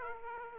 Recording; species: mosquito wingbeat signal from an infrared sensor; Aedes aegypti